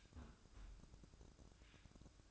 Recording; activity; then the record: daily activity, microphone in the room; close fridge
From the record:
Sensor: 2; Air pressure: 1007.6 hPa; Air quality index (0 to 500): 56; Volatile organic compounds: 1 ppm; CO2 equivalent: 585 ppm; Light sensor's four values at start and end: 9/22/9/10 and 9/22/9/10